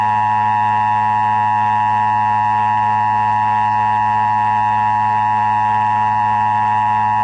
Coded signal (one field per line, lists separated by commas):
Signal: Emergency Alert System (SAME) tones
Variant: 853 and 960 Hz attention tone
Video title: Emergency Alert System Evolution 1987-2025